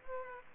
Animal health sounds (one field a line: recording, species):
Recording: mosquito wingbeat signal from an infrared sensor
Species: Culex pipiens